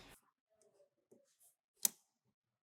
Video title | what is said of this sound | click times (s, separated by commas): Triple Seven Motorsport Door Release Install Guide - MkV Supra | You may have a positive click when this is properly attached. | 1.9 s